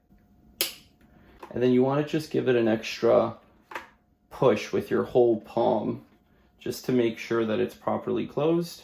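After a reusable coffee pod is filled with two scoops of grounds, its hinged plastic lid is pressed shut with the whole palm and clicks closed at 0.6 s. Someone talks through the rest of the clip.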